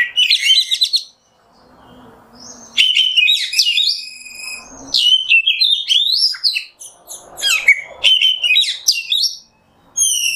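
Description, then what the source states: Oriental magpie-robin song, bright shrill phrases of mixed whistles and chirps in several long bursts separated by short pauses. Kacer song in the 'nembak' style, used as masteran tutoring.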